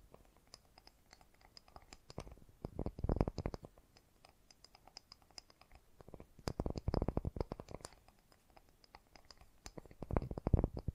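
Fast, gentle tapping comes in bursts of quick, dense clicks, clustering around 2–3.5, 6.5–8 and 10–11 seconds. Between bursts, lighter scattered taps and soft scratchy ticks continue. The taps are short and crisp with a faint bright edge.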